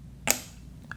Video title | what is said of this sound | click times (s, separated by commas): Lokar Dipstick Assembly Install on a 1st Gen Small Block Chevy - *The C10 Returns - Episode 14* | Oh, and it makes a little click when it, oh, that's tactical. | 0.3 s, 0.9 s